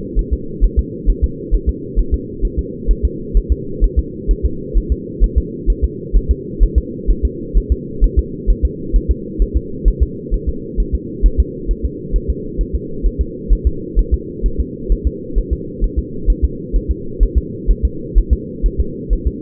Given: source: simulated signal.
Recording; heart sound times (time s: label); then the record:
fetal heart sounds
0.19 s: S1
0.33 s: S2
0.64 s: S1
0.79 s: S2
1.09 s: S1
1.24 s: S2
1.54 s: S1
1.69 s: S2
1.99 s: S1
2.14 s: S2
2.45 s: S1
2.59 s: S2
2.91 s: S1
3.05 s: S2
3.37 s: S1
3.52 s: S2
3.84 s: S1
3.99 s: S2
4.31 s: S1
4.45 s: S2
4.77 s: S1
4.92 s: S2
5.24 s: S1
5.38 s: S2
5.70 s: S1
5.84 s: S2
6.16 s: S1
6.31 s: S2
6.63 s: S1
6.78 s: S2
7.10 s: S1
7.25 s: S2
7.57 s: S1
7.72 s: S2
8.04 s: S1
8.19 s: S2
8.50 s: S1
8.65 s: S2
8.96 s: S1
9.11 s: S2
9.42 s: S1
9.56 s: S2
9.88 s: S1
10.02 s: S2
10.34 s: S1
10.49 s: S2
10.80 s: S1
10.95 s: S2
11.26 s: S1
11.40 s: S2
11.71 s: S1
11.85 s: S2
12.16 s: S1
12.30 s: S2
12.61 s: S1
12.75 s: S2
13.06 s: S1
13.21 s: S2
13.52 s: S1
13.67 s: S2
13.99 s: S1
14.14 s: S2
14.46 s: S1
14.60 s: S2
14.92 s: S1
15.07 s: S2
15.38 s: S1
15.53 s: S2
15.84 s: S1
15.99 s: S2
16.30 s: S1
16.44 s: S2
16.76 s: S1
16.91 s: S2
17.23 s: S1
17.38 s: S2
17.71 s: S1
17.85 s: S2
18.18 s: S1
18.33 s: S2
18.66 s: S1
18.80 s: S2
19.13 s: S1
19.27 s: S2
From the record:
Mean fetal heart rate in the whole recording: 130 bpm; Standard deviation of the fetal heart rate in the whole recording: 2 bpm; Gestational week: 36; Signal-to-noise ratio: -4.3 dB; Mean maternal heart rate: 72 bpm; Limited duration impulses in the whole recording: absent